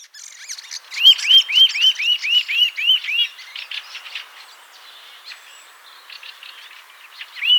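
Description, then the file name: Eurasian nuthatch calling a rapid run of about nine ringing, arched whistles at a steady pace, then a single note near the end, with other birds twittering behind. "Sitta europaea"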